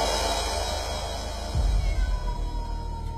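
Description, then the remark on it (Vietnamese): A cat cries out in a long, mournful wail over a steady background hiss, with a deeper swell of sound rising partway through. “Nó nhìn chăm chăm vào thằng Tâm rồi kêu lên những tiếng thê thiết.”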